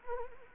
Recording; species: mosquito wingbeat signal from an infrared sensor; Anopheles arabiensis